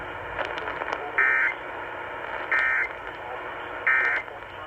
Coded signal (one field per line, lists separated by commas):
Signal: Emergency Alert System (SAME) tones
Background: speech